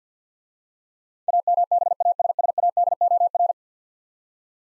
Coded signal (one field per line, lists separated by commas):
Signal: Morse code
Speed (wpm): 50 wpm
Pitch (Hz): 700 Hz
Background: none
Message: AMBASSADOR